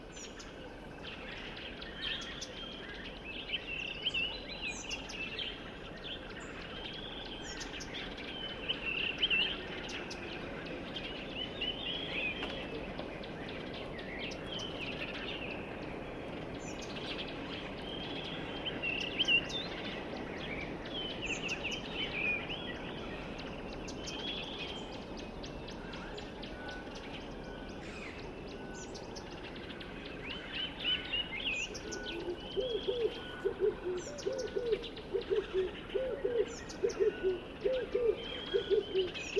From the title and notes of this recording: Durational audio recording of the sound environment around a dry stretch of the Limpopo River in South Africa at the beginning of the rainy season. The recording begins just before dusk and continues through late morning. Audio encoding: Stereo FLAC at 48kHz, 24bit.